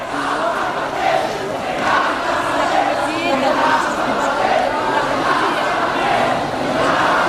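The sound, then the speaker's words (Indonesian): A large crowd shouts and clamors continuously, many overlapping voices forming a loud, dense roar with no pauses, rising and falling slightly throughout. “Mohon Bapak Ibu semuanya bisa tertib, tidak berteriak-teriak.”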